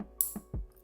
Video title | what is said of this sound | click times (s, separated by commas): C4G Miami Cuban Link Review | fantastic snap but | 0.2 s